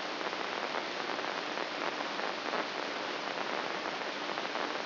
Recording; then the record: brain microelectrode recording played as sound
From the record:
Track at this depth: inside the subthalamic nucleus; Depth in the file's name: 6.216 mm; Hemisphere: left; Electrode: 2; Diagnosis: Parkinson's disease